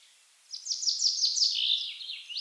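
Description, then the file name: Common chaffinch singing one phrase of about two seconds: a run of sharp descending notes that drops lower, ending in a short flourish. "Fringilla coelebs"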